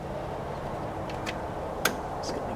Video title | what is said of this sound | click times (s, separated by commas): How to Install Rear Strut Support Braces on a C8 Corvette | this setup here which is really cool and this just goes right in locks in place just going to | 1.9 s